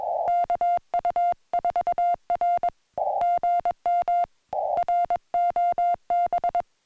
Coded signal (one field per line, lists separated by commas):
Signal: Morse code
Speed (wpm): 21 wpm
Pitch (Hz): 700 Hz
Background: music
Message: KU4R GM ROB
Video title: Celebrating 4K SOTA Points With Morse Code, 2 Meters FM, and a Surprise From a Friend